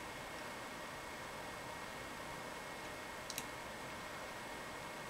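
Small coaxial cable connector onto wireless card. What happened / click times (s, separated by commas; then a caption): Small connector handled; two faint ticks at 3.3 s may already be a snap / none. The white and black small coaxial cable connectors are pressed gently onto the wireless card of an HP TC1100, against a steady background hiss with two faint, brief ticks near 3.3 and 3.4 seconds. Nothing has snapped on or seated yet.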